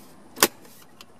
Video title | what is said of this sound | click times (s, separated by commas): Add Factory Navigation to SYNC 3 - 2016+ Ford Mustang | push forward till it snaps in and then | 0.4 s